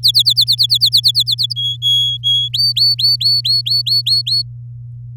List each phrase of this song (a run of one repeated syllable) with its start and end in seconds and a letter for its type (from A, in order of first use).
0.03-1.53 A, 1.56-2.48 B, 2.53-4.42 C